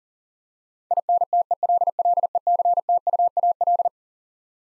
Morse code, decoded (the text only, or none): INTELLECTUAL